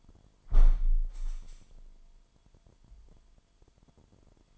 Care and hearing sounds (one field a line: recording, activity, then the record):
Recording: daily activity, microphone in the room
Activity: close window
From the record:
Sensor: 5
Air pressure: 998.0 hPa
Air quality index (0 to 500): 98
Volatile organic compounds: 2 ppm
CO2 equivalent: 1116 ppm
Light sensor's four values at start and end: 26/63/26/29 and 26/63/26/29